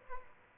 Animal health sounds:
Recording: mosquito wingbeat signal from an infrared sensor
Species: Aedes albopictus

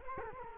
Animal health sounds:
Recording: mosquito wingbeat signal from an infrared sensor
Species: Culex quinquefasciatus

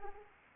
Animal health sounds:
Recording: mosquito wingbeat signal from an infrared sensor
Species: Anopheles arabiensis

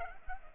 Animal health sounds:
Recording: mosquito wingbeat signal from an infrared sensor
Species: Culex pipiens

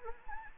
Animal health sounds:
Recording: mosquito wingbeat signal from an infrared sensor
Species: Anopheles arabiensis

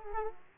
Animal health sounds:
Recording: mosquito wingbeat signal from an infrared sensor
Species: Aedes aegypti

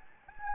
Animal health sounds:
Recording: mosquito wingbeat signal from an infrared sensor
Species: Anopheles gambiae

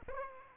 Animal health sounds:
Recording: mosquito wingbeat signal from an infrared sensor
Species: Aedes aegypti

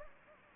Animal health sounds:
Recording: mosquito wingbeat signal from an infrared sensor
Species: Anopheles gambiae

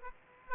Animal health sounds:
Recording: mosquito wingbeat signal from an infrared sensor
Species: Aedes aegypti

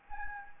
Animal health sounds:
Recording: mosquito wingbeat signal from an infrared sensor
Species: Anopheles gambiae

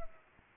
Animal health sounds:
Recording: mosquito wingbeat signal from an infrared sensor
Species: Culex pipiens

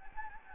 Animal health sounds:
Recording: mosquito wingbeat signal from an infrared sensor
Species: Anopheles gambiae

